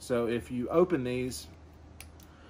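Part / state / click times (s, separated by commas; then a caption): folding grip lock on a compact single-shot pistol frame / seated / 2.0 s. Someone talks while swinging the folding grip of a credit-card-sized metal .22 single-shot pistol back to the open position. At 2.0 s a short, sharp click is heard as the grip lock re-engages, and a fainter tick follows at 2.2 s. The grip is locked in place.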